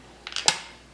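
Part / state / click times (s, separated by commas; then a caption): apple peeler drive gear disengaging from the threaded rod / released / 0.5 s. A hand-cranked metal apple peeler, holding a large, heavy apple, is turned to the end of its stroke. Two softer mechanical ticks at 0.3 s and 0.4 s lead into a sharp, bright click at 0.5 s as the drive gear disengages from the threaded rod and the carriage releases. That click means the apple is done peeling.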